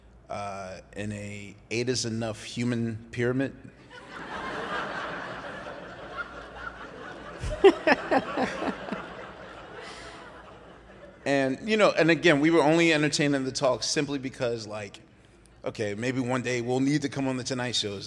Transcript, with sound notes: in a "Eight is Enough" human pyramid.
(LAUGHTER)
And, you know - and again, we were only entertaining the talk simply because like, OK, maybe one day we'll need to come on "The Tonight Show."